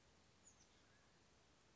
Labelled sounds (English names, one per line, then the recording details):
Oak Titmouse
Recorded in Sonoma County, California